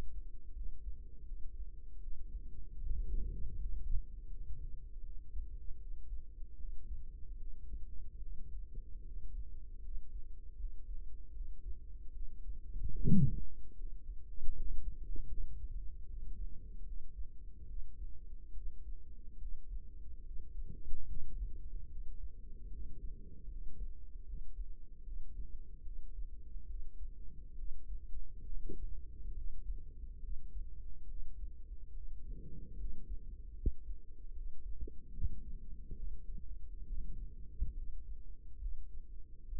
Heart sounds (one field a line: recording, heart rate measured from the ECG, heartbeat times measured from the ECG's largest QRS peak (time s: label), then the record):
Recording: heart sounds by microphone in the right ear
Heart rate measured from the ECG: 74 bpm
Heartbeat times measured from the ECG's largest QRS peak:
0.52 s: heartbeat
1.24 s: heartbeat
1.99 s: heartbeat
2.79 s: heartbeat
3.55 s: heartbeat
4.26 s: heartbeat
5.00 s: heartbeat
5.77 s: heartbeat
6.56 s: heartbeat
7.36 s: heartbeat
8.19 s: heartbeat
9.03 s: heartbeat
9.80 s: heartbeat
10.55 s: heartbeat
11.31 s: heartbeat
12.11 s: heartbeat
12.97 s: heartbeat
13.74 s: heartbeat
14.51 s: heartbeat
15.27 s: heartbeat
16.05 s: heartbeat
16.82 s: heartbeat
17.65 s: heartbeat
18.52 s: heartbeat
19.37 s: heartbeat
20.22 s: heartbeat
21.05 s: heartbeat
21.87 s: heartbeat
22.68 s: heartbeat
23.47 s: heartbeat
24.24 s: heartbeat
25.02 s: heartbeat
25.82 s: heartbeat
26.65 s: heartbeat
27.54 s: heartbeat
28.44 s: heartbeat
29.32 s: heartbeat
30.19 s: heartbeat
31.05 s: heartbeat
31.91 s: heartbeat
32.75 s: heartbeat
33.54 s: heartbeat
34.32 s: heartbeat
35.10 s: heartbeat
35.94 s: heartbeat
36.83 s: heartbeat
37.73 s: heartbeat
38.57 s: heartbeat
39.44 s: heartbeat
From the record:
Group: healthy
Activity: rest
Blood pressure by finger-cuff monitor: 108/68 mmHg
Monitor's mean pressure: 83 mmHg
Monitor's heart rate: 76 bpm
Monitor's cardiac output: 5.8 L/min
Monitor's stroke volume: 77 mL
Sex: male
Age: 35 years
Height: 178 cm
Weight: 64 kg